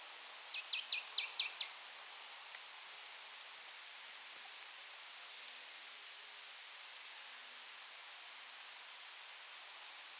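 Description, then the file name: Marsh tit call: a quick burst of about six sharp, high, dry notes near the start, then faint scattered high chips in steady hiss. "Poecile palustris"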